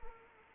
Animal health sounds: mosquito wingbeat signal from an infrared sensor; Anopheles arabiensis

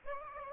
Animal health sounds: mosquito wingbeat signal from an infrared sensor; Aedes aegypti

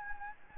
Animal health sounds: mosquito wingbeat signal from an infrared sensor; Anopheles gambiae

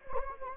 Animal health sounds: mosquito wingbeat signal from an infrared sensor; Anopheles gambiae

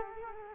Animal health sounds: mosquito wingbeat signal from an infrared sensor; Culex quinquefasciatus

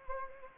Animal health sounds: mosquito wingbeat signal from an infrared sensor; Anopheles gambiae

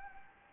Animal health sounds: mosquito wingbeat signal from an infrared sensor; Anopheles gambiae

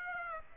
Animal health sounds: mosquito wingbeat signal from an infrared sensor; Aedes aegypti

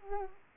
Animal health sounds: mosquito wingbeat signal from an infrared sensor; Culex pipiens

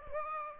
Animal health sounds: mosquito wingbeat signal from an infrared sensor; Aedes aegypti

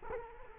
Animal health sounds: mosquito wingbeat signal from an infrared sensor; Culex quinquefasciatus

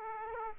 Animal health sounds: mosquito wingbeat signal from an infrared sensor; Aedes aegypti

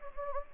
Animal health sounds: mosquito wingbeat signal from an infrared sensor; Anopheles gambiae

